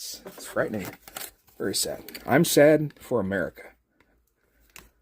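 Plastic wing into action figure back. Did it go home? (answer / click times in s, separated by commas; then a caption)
yes / 4.8 s. A plastic wing is pushed back into the back of an action figure after it had popped out. Someone talks through the first 3.7 seconds, then after a quiet stretch a sharp pop at 4.8 s marks the wing seating back into place.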